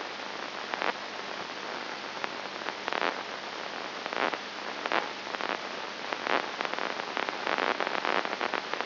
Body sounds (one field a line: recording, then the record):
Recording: brain microelectrode recording played as sound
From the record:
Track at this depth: inside the subthalamic nucleus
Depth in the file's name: 2.104 mm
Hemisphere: left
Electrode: 2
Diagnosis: Parkinson's disease